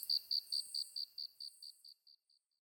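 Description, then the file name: Japanese burrowing cricket song, a run of clear high chirps that fade toward the end, with a high insect buzz behind. Recorded 23 August 2010 at 21:29. "tuzuresasekoorogi-20100823-2129"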